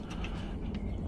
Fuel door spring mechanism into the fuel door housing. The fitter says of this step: You gotta hear two clicks. That's click number one, where this is securing against this portion right here